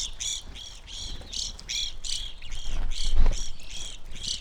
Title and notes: I recorded this at my home in the small town of McCloud in Siskiyou County, California. It was a relatively warm winter morning, and a flock of Evening Grosbeaks was busily eating a breakfast of sunflower seeds from a feeder hanging from the branch of a birch tree in my backyard.